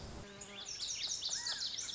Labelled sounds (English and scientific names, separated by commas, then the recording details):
Lazuli Bunting (Passerina amoena)
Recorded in Sonoma County, California